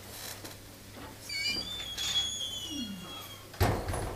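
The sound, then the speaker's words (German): Doors creak open with long, high, wavering squeaks lasting a couple of seconds, then shut with a sudden heavy thud near the end. “Die Türen gehen.”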